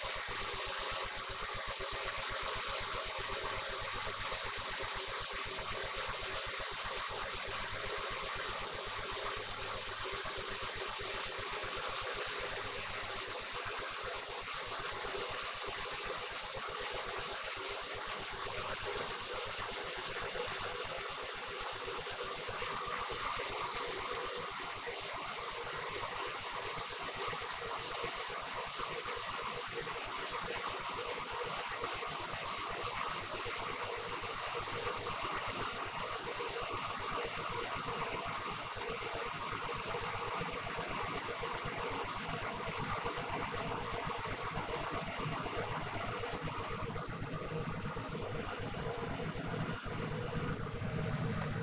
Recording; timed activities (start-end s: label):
household activities, microphone on the right wrist
0.00-51.63 s: making tea